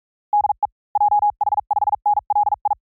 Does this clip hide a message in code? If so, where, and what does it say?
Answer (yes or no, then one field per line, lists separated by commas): yes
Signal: Morse code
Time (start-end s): 0.3-2.7 s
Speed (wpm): 44 wpm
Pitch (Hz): 810 Hz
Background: none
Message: DE JH5NLI